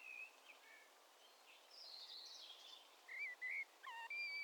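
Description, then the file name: Common blackbird: faint high twittering, then several clear whistled notes near the end, over steady background hiss. "Turdus merula"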